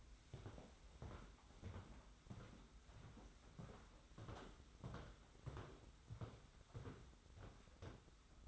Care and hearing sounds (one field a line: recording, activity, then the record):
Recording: daily activity, microphone in the room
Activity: walk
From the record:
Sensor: 3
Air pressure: 991.6 hPa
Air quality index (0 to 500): 181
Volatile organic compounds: 1000 ppm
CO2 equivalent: 6024 ppm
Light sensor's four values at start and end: 39/111/45/40 and 39/110/45/39